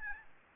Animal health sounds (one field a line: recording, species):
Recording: mosquito wingbeat signal from an infrared sensor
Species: Aedes albopictus